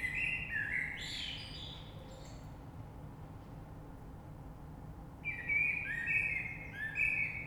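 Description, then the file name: Common blackbird singing a rising warbled phrase, then after a pause a longer mellow phrase with high twittering ends; continuous low rumble behind. Recorded 3 March 2020. "Rush Merle"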